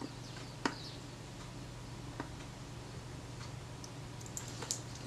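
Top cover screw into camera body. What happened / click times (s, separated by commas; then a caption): The small screw did not catch its thread / none. A small steel screw is tried in the threaded hole that holds the metal top cover onto the body of a Kodak Retina IIa camera, giving faint metallic ticks and taps at about 0.7, 2.2, 3.8, 4.4 and 4.7 seconds over a steady low hum. The screw will not catch the thread, possibly because the hole was cross-threaded in the past, and nothing has seated or clicked yet.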